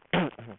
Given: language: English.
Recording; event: throat vibration sensor signal played as sound; throat clearing